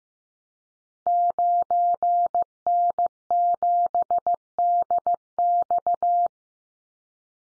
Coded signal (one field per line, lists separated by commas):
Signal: Morse code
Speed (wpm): 15 wpm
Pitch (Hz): 700 Hz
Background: none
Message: 9N7DX